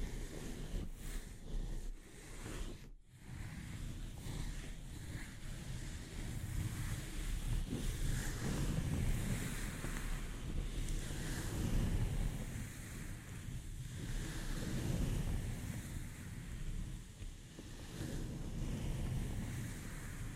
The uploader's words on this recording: ASMR Delicate Mic Scratching and Tapping Triggers for Instant Sleep (No Talking).